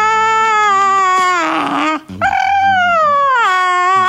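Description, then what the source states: Dog giving drawn-out, moaning whine-like vocalizations that waver and slide in pitch, with a brief break and a rougher grumble before resuming. Grumpy; resisting and refusing to move.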